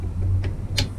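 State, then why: Torque reached. A click-type torque wrench tightens an engine protector bolt on a 2023 CB1000R during GBRacing engine protector installation, over a steady low hum. Two sharp clicks ring out at 0.4 s and 0.8 s as the wrench reaches its set torque, with the second click louder. The wrench clicking confirms the bolt is at the set torque.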